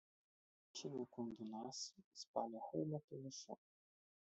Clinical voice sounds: short text; Brazilian Portuguese; male; 20 to 29 years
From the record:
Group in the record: control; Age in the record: 25 years

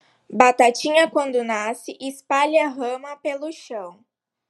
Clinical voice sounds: short text; Brazilian Portuguese; female; 20 to 29 years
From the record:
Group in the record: control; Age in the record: 23 years

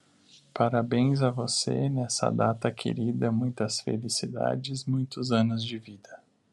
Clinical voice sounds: short text; Brazilian Portuguese; male; 30 to 39 years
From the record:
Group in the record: control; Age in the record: 31 years

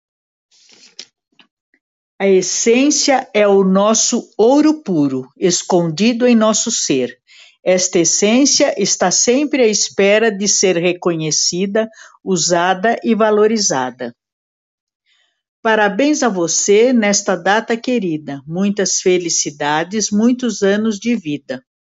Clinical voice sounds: short text; Brazilian Portuguese; female; 70 to 79 years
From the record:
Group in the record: control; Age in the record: 73 years

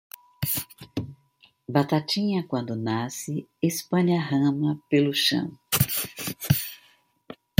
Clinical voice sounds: short text; Brazilian Portuguese; female; 70 to 79 years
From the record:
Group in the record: control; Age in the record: 72 years

